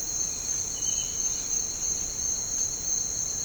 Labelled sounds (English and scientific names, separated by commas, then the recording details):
none
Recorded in dense forest near Puerto Asís, Putumayo, Colombia, on 13 March 2025 at 07:30
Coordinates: 0.467, -76.328
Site G041